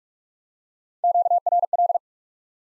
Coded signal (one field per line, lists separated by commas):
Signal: Morse code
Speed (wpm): 42 wpm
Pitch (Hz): 700 Hz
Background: none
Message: QRL